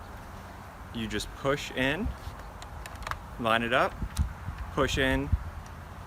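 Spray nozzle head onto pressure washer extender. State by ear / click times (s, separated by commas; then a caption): not seated / none. A plastic spray nozzle head is lined up and pushed onto a pressure washer extender wand while someone talks, with a few faint, brief handling taps between the words. The clip ends before the head goes home, so nothing has seated or clicked yet.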